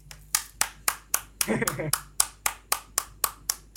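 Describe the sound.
One person claps in a steady, brisk rhythm, about a dozen sharp, loud hand claps, with a short burst of voice breaking in partway through.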